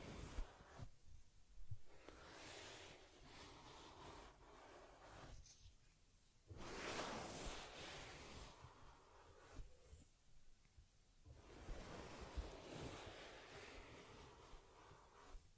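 Soft brushing and rubbing sounds from combing and massaging a teddy bear come in repeated sweeps, each lasting a second or two with short quiet gaps between. The strokes are hissy and textured, with occasional small clicks and taps, and a louder, fuller stretch around seven seconds.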